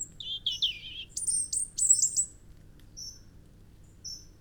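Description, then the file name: European robin giving a quick, high warbled phrase and thin trills, followed by two isolated high, pure whistles. "Erithacus rubecula"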